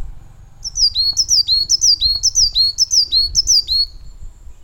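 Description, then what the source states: Coal tit calls: a rapid series of many high, thin, downslurred whistled notes, with low rumbling background noise. Nominate subspecies Periparus ater ater.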